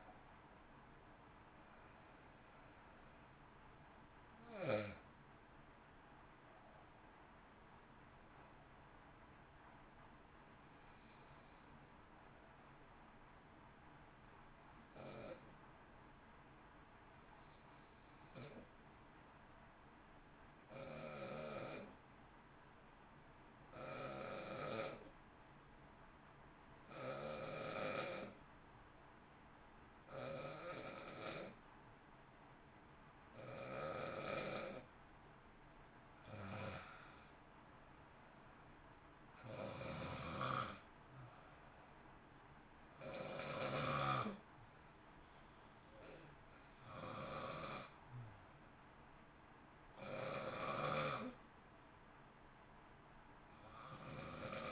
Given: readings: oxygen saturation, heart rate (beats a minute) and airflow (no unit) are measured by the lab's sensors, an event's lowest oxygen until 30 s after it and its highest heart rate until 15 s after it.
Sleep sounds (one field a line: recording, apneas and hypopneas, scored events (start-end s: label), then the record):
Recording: breathing in sleep by a voice recorder at the bedside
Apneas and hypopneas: 1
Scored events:
19.00-38.30 s: hypopnea (N1, oxygen 95% highest, then 90% lowest, heart rate 56 at the start, 62 highest)
From the record:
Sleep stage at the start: N1 (lightest sleep)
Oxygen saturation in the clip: 90 to 95%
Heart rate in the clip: 54 to 62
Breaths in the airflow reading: 21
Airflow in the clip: -0.8 to 0.7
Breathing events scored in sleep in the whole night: 328 in 6.3 hours asleep